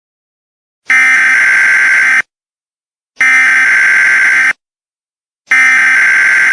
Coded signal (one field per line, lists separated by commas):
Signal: Emergency Alert System (SAME) tones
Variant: header bursts